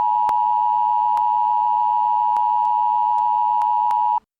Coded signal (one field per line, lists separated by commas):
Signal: Emergency Alert System (SAME) tones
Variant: 853 and 960 Hz attention tone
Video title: Z25 Virus EAS Scenario